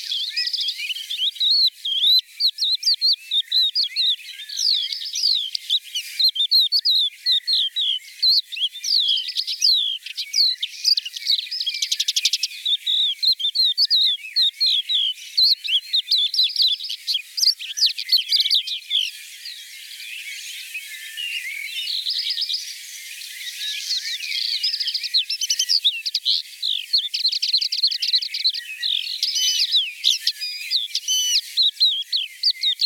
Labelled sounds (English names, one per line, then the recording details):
Crested Lark song
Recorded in the wild
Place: Breisach/Kaiserstuhl, Baden-Württemberg, DE
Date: 1985-06-30
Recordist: Schwarz, Dieter